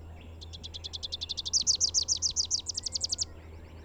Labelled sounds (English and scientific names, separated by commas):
Rufous-capped Warbler (Basileuterus rufifrons) song